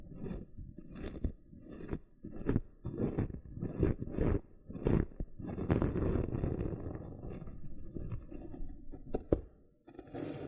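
Loofah being handled with rough scraping and crunching strokes, most of the sound low and dense. The first half comes in separate bursts about every half second with short gaps. After that the rubbing runs more continuously, with sharp pops near nine and ten seconds.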